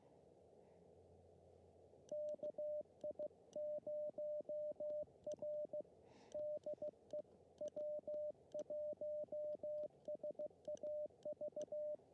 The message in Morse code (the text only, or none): KI0R DE W1SAV